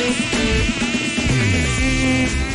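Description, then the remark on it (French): A voice imitates a mosquito with a continuous nasal buzz, rich in harmonics. Its pitch wavers and swoops up and down for a couple of seconds at a steady, fairly loud level. “arrêtez d'imiter le moustique, vous le faites très mal.”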